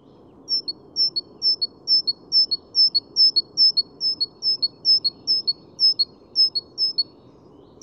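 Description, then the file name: Great tit song: a steady run of high two-note phrases, the first note higher and the second lower, repeated about twice a second for the whole stretch over a soft low hum. "Parus major"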